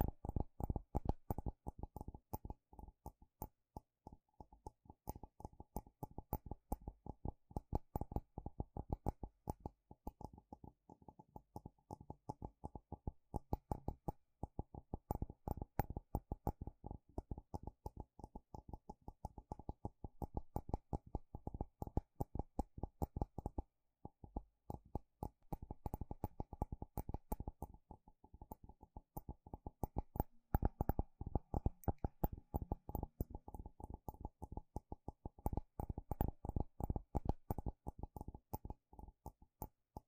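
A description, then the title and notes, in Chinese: A glass wind bell cup is tapped rapidly and unevenly for the whole stretch, the clicks crowding together in dense, rattling runs. The taps sound mostly dull and low, with only a faint bright edge, and the flurry pauses briefly around 24 and 30 seconds. Wind Bell Cup | Glass Tapping | No Talking。風鈴杯 | 玻璃杯。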